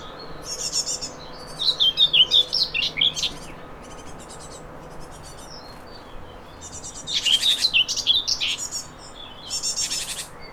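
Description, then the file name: Common whitethroat song in quick scratchy bursts: several short chattering warbles separated by quiet pauses. "mezei poszata hangja"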